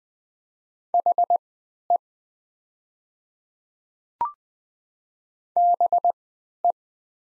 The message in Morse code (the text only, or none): HE BE